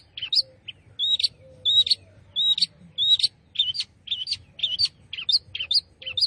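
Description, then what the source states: Long-tailed shrike singing a run of high, chattering phrases, quick and squeaky, repeated steadily with short gaps. Singing lively in the gacor style.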